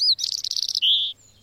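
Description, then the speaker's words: European robin song phrase: a thin high whistle, a quick warbling trill, then a sustained sweet lower note. "My favorite bird is a robin, robin redbreast in Europe."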